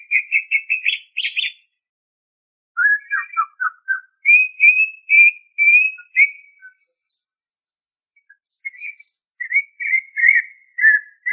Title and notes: Kicau Burung Cucak Ijo. Suara kicauan burung cucak ijo